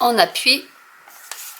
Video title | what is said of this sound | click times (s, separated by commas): [TEST,REVUE] Etiqueteuse Brother PT-H200 | j'ai mal enclenché, voilà, ça se ferme tout seul, voilà. | none